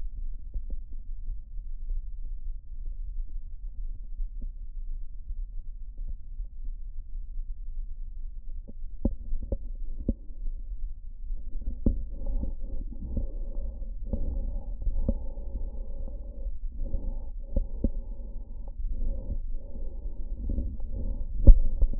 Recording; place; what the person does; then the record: lung sounds by stethoscope; right posterior apical chest; quiet breathing, then deep breathing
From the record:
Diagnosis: interstitial lung disease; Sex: male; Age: 82 years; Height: 158 cm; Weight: 49 kg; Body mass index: 19.6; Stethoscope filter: diaphragm mode